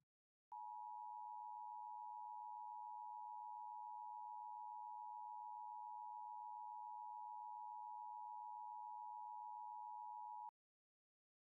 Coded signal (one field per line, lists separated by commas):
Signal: Emergency Alert System (SAME) tones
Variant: 853 and 960 Hz attention tone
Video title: SEASON FINALE! | LIVE AM/MW DX: DX Central Live - S. 4, Ep. 17 | Friday, May 3, 2024